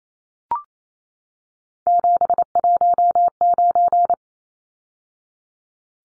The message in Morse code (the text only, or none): 719